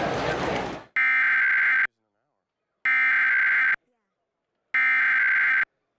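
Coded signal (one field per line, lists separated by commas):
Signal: Emergency Alert System (SAME) tones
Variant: header bursts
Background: speech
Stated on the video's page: Real EAS interruption for an AMBER alert recorded off the air from a TV subchannel.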